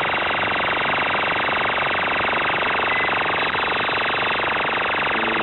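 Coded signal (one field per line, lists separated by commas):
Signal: channel marker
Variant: UVB-76 (The Buzzer)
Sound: a harsh, steady electric buzz, like an idling engine, lasting the whole clip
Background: radio static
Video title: Uvb 76 The Buzzer / Print mao zedong October 25, 2022 07:30 UTC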